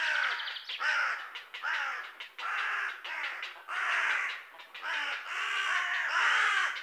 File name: Corvus corone